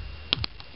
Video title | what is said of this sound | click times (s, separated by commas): Er.....More stupid wiring!!!! | There we go. Oh, you heard that one click. | 0.3 s